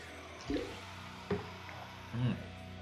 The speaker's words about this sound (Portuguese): Bebi água.